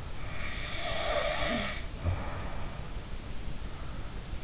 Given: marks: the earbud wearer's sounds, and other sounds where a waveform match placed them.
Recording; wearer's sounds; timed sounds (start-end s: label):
sounds in sleep by an in-ear microphone; snoring breath
0.37-4.09 s: snoring breath